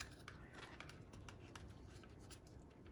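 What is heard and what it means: A wiring connector is handled and pushed toward the harness of a replacement steering wheel during reassembly of a BMW E46 (325ci, 330ci, M3) steering wheel swap. Soft rustling, light crinkly scrapes and faint ticks are heard over low background noise. Nothing has seated or clicked yet.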